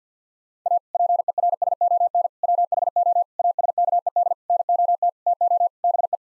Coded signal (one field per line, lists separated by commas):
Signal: Morse code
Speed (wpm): 50 wpm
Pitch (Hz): 700 Hz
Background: none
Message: A PERSON WHO ASKED NOT TO BE